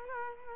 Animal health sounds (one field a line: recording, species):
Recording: mosquito wingbeat signal from an infrared sensor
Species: Culex quinquefasciatus